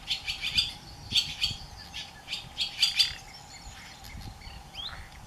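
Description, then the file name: Common nightingale song in short bursts of chattering, rattling notes, loudest around half a second, one and three seconds, over a steady low hum. "Nachtigall mit Gesang - Nightingale singing"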